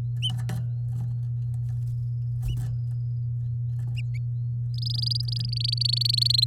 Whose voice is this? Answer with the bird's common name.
Domestic Canary